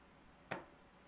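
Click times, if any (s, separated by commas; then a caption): 0.5 s. A driver turns the rear trigger frame screw of a Crossman Discovery air rifle counterclockwise until its thread drops into the start of the mating thread in the trigger frame, before it is driven in clockwise to make sure it lines up. A single sharp click sounds at 0.5 s against a quiet background, and the screw thread is seated in its start.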